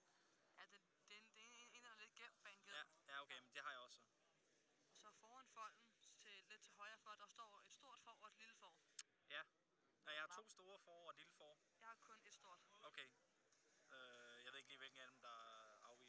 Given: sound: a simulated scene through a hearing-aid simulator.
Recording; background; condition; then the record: conversation; quiet; 55 dB SPL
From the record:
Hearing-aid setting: IV (slow-acting compression, loudness normalization); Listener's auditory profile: D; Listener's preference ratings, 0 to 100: 49, 78, 63